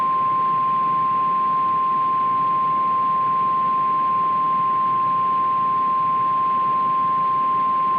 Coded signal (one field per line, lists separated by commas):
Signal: Emergency Alert System (SAME) tones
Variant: 1050 Hz attention tone